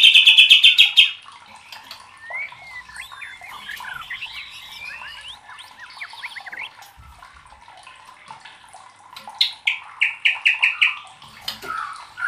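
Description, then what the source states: White-rumped shama song opens with a loud buzzy rattle, then fainter varied whistles and twitters, closing with a burst of rapid repeated chips. Masteran training recording for cage birds; murai batu labaik.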